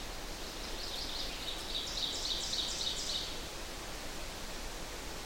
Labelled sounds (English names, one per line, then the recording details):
Ovenbird song
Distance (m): 45 m
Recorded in boreal forest in Alberta, Canada, on 8 June 2016 at 06:28
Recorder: SongMeter 3, array SBT-3-9
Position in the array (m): 50 m, 107 m
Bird 33